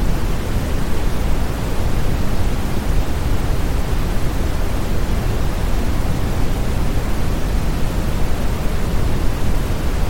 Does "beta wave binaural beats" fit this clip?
no